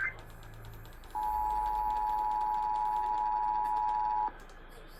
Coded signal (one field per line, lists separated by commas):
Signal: Emergency Alert System (SAME) tones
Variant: 853 and 960 Hz attention tone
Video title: Eas Blue alert on KWKH-AM Eas#2064